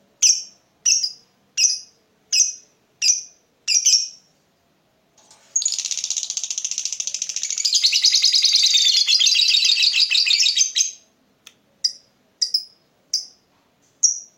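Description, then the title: Lovebird song: a regular series of sharp chirps, then a long, rapid, buzzy chattering trill for about five seconds, then spaced chirps again. Lovebird's singing style shown as very clever at baiting, prompting other birds to sing. "Dari Gayanya Lovebird Ini Terlihat Pintar Sekali Memancing"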